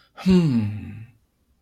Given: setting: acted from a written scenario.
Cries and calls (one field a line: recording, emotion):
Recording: vocal sound without words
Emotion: pride